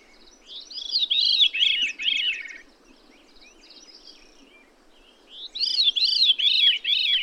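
Bird singing two phrases of several quick arched, whistled notes stepping downward, separated by a quiet gap with faint high chirps.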